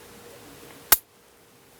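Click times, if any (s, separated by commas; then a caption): 0.9 s. A pistol slide stop control pin is pushed through the metal fire control unit of a SIG Sauer P320 and adjusted in position until it snaps home. Against a low, steady background, a single sharp snap rings out at 0.9 s, then the sound drops to near silence. The pin is seated.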